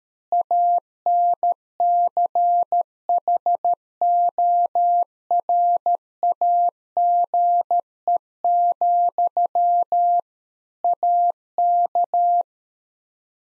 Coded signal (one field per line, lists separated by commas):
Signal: Morse code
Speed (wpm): 13 wpm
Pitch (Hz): 700 Hz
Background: none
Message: ANCHORAGE, AK